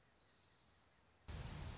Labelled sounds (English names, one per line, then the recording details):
Orange-crowned Warbler
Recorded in Sonoma County, California